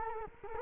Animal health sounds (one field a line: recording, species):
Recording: mosquito wingbeat signal from an infrared sensor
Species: Culex quinquefasciatus